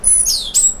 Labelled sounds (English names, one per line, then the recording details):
Stitchbird song
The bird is a male
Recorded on Tiritiri Matangi Island, New Zealand, in 2005
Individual 1, of nest box 1